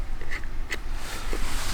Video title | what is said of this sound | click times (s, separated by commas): Custom Alcantara Interior Trim - BMW E46 M3 | and snaps into place same thing with the other side there | 0.7 s